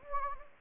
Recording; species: mosquito wingbeat signal from an infrared sensor; Anopheles gambiae